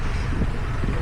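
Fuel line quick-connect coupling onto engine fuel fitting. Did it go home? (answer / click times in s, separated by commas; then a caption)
no / none. A fuel line quick-connect coupling is being pushed back toward its fuel fitting on a 2016 Hyundai 2.4L engine (Sonata/Tucson) during valve cover reassembly. Only a steady, low broadband rumble is heard, with no sharp transients. Nothing has seated or clicked yet.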